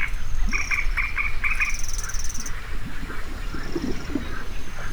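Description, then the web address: Edible frog croaking in a quick burst of short pulsed notes early on, over persistent low rumbling noise. In Hortobágy National Park, Hungary, 1 May 2013. "allathangok hortobagyinemzetipark 2013. kecskebeka"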